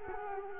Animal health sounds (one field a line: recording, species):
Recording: mosquito wingbeat signal from an infrared sensor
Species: Culex quinquefasciatus